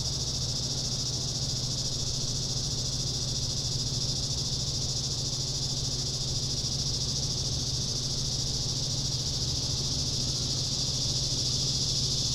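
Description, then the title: Cicadas in a dense, steady, high-pitched buzzing chorus that barely changes, with a low droning hum and soft background rumble. Summer cicadas. "neoscenes: summer cicadas"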